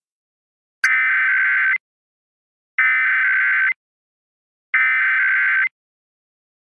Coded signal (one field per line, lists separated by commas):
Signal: Emergency Alert System (SAME) tones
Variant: header bursts